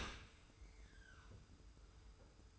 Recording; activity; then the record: daily activity, microphone in the room; open dishwasher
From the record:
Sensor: 2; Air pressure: 991.2 hPa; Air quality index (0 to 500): 143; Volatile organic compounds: 296 ppm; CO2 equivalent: 4472 ppm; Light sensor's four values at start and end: 41/116/46/44 and 41/116/46/44